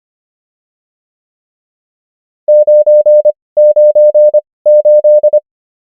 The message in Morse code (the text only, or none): 998